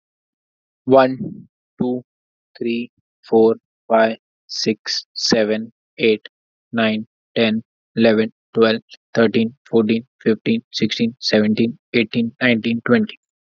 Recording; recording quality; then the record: counting at a normal pace; excellent, no background noise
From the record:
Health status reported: exposed to COVID-19, no respiratory illness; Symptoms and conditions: none ticked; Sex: male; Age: 30 years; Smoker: not ticked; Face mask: worn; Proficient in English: yes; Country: India